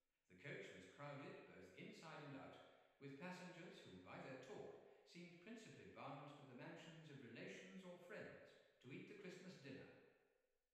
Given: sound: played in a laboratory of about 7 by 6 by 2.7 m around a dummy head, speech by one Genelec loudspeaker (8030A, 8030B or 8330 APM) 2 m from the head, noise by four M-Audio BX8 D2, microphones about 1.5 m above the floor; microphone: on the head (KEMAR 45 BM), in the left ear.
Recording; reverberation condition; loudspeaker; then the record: male speech in English; high; behind (180 degrees)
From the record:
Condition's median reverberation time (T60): about 1300 ms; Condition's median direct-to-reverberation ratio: about -4.0 dB